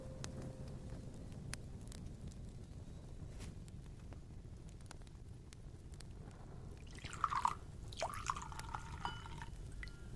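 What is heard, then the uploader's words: A quiet room hums with a low, steady rumble, while small sharp clicks pop irregularly throughout, like a fire crackling gently. Around seven seconds a brighter, wavering creak rises, followed by a held squeaky tone lasting until about nine and a half seconds. It's pretty quiet tonight.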